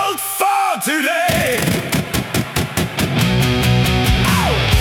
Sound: gunshot sound